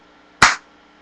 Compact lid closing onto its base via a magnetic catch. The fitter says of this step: but a nice click it really clicks shut with that magnet I mean it's just it's just